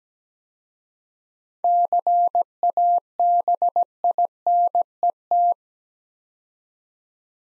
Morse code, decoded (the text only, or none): CABINET